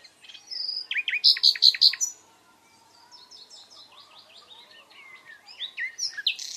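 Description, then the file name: Common nightingale song: a loud rapid series of repeated notes, then a quieter varied phrase of buzzy and whistled notes, ending in louder sharp notes. "Luscinia megarhynchos"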